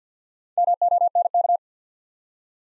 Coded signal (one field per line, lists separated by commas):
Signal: Morse code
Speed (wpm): 50 wpm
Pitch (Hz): 700 Hz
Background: none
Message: MONK